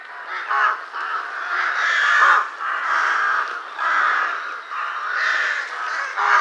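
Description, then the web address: Rook calls in a busy overlapping chorus, harsh grating caws rising and falling in loudness throughout. "Schulze Peter Rook"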